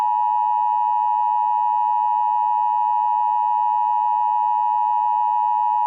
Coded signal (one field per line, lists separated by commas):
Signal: Emergency Alert System (SAME) tones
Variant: 853 and 960 Hz attention tone